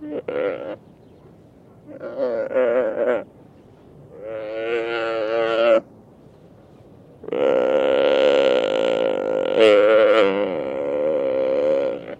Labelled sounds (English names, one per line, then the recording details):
Mule Deer
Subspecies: hemionus
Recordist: Tembrock, Günter